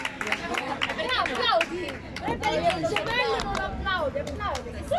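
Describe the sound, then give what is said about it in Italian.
At a cabaret show, a crowd responds with loud, overlapping shouts and chatter after a call for applause for the zodiac sign Gemini (Gemelli), sharp scattered claps cutting through the babble, the noise holding steady for the whole stretch. “Un applauso a Gemelli!”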